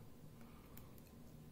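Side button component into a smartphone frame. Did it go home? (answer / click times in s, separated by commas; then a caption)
yes / 0.8 s. A side button component is pressed into a smartphone frame during reassembly, and a sharp click is heard at 0.8 s, followed by a fainter tick near 1.0 s, over a steady low hum. The button piece seats in place.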